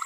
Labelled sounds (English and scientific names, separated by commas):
Green-rumped Parrotlet (Forpus passerinus) babbling